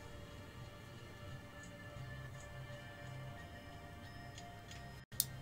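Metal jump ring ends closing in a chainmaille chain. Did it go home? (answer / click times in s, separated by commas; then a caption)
yes / 5.2 s. A black metal jump ring for a chainmaille bracelet is closed with pliers, its ends pushed slightly past each other and then brought back so they catch. Over a steady tonal background with a few faint ticks, the sound drops out briefly just after 5.0 s, then a sharp, bright click sounds at 5.2 s. The click is the two ring ends catching each other, and the ring is seated closed.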